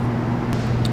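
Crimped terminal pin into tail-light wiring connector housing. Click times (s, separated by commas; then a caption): 0.8 s. A crimped metal terminal pin, its locking tang pointing down, is pushed into a plastic connector housing for a Jeep JK tail-light receptacle. Over steady low vehicle-like rumble, a short, bright snap is heard at 0.9 s. The pin is seated in the connector and can no longer be pulled back out.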